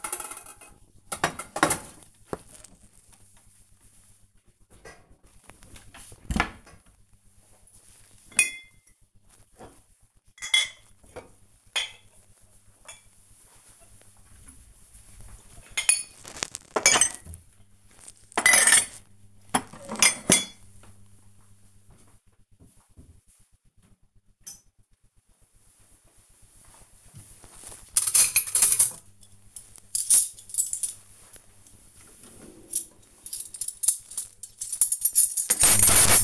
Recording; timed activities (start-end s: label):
household activities, microphone on the right wrist
0.00-36.24 s: putting away the dishes